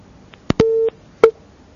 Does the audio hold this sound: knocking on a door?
no